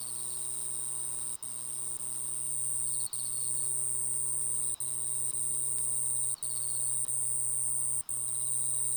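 Kusakiri katydid song as an even, sustained shrill buzz, faint pulsed bursts now and then, set against a droning low mechanical hum.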